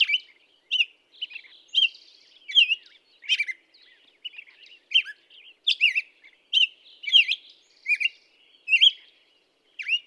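Black-headed Grosbeak song: a long run of rich, whistled phrases rising and falling, with short pauses between them and no other sounds.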